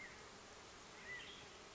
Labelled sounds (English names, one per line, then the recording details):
Western Tanager
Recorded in Sonoma County, California